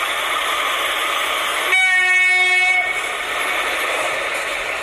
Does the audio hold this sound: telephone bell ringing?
no